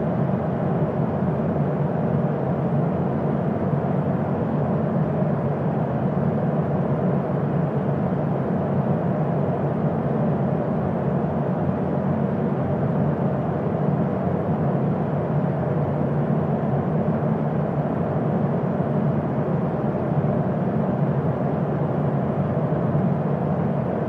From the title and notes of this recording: Fan Sounds for Sleeping White Noise.